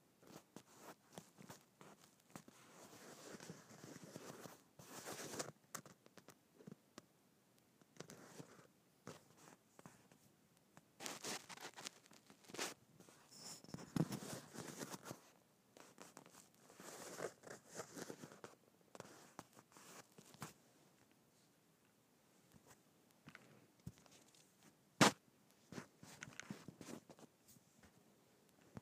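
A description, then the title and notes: Fingers scratch across bumpy leather in bursts of dry, rough rasping, each lasting a second or two with short quiet gaps between. The scratching is fairly bright, uneven in pace, with one sharp click near 25 seconds. ASMR Scratching Bumpy Leather.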